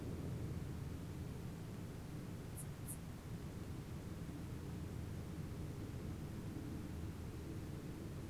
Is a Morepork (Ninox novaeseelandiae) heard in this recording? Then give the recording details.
no. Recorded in New Zealand on 1 June 2017. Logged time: 19:46. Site Taranaki